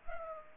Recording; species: mosquito wingbeat signal from an infrared sensor; Culex pipiens